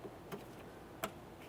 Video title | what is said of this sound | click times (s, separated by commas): How to Replace Front Mirrors 2004-2008 Ford F-150 | Listen for an audible click, a light tug confirming it's secure. | 1.0 s